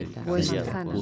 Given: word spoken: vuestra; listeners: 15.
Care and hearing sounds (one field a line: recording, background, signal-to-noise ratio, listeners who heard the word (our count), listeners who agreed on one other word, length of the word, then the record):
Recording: one Spanish word in noise, from a listening test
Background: four-talker babble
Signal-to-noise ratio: -2.5 dB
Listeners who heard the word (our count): 0 of 15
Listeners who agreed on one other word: 9 of 15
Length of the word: 0.62 s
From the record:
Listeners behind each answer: 9, 2, 1, 1, 1, 1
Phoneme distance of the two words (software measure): 64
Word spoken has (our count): 2 syllables, 7 phonemes, stress on syllable 1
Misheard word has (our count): 3 syllables, 7 phonemes, stress on syllable 2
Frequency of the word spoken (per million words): 17.73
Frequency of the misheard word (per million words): 15.08